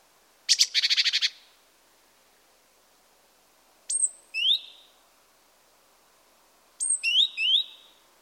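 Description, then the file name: Great tit calling: a fast buzzy churring rattle, then two groups, each a thin high note followed by lower rising notes. "Parus major"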